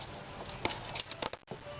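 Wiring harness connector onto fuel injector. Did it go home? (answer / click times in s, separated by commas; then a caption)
yes / 0.6 s. A labeled plastic wiring harness connector is pushed back onto a fuel injector and snaps into place, with a sharp click at 0.7 s. A few lighter ticks and clatters follow between 1.0 and 1.3 s, and the connector is seated.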